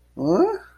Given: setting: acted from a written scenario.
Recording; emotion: vocal sound without words; confusion